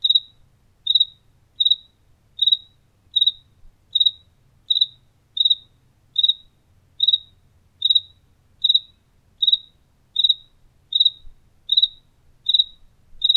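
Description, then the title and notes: Cricket chirping steadily, seventeen or so short pulsed chirps at regular intervals, with low faint room noise behind. Recorded indoors in a house kitchen in Tlaxcala, Mexico. "Grillo Tlaxcalteca. Grillo grabado por Hugo Diego Blanco en la cocina de su casa en Tlaxcala"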